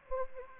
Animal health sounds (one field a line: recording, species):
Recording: mosquito wingbeat signal from an infrared sensor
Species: Anopheles gambiae